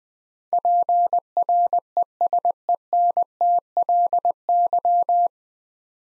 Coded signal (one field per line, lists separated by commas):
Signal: Morse code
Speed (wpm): 21 wpm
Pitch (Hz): 700 Hz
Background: none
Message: PRESENTLY